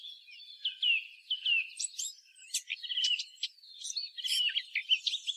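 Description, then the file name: Eurasian blackcap song, starting with soft downslurred whistles, then a busier run of sharp chirps and scratchy twittering notes. "Sylvia atricapilla"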